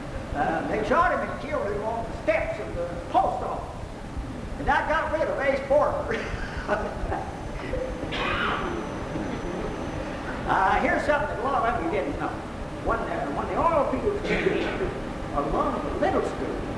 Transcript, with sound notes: the--they shot him and killed him on the steps of the post office. And that got rid of Ace Borger! (chuckles) Here's something that a lot of you didn't know: when the oilfields came in, among the little schools,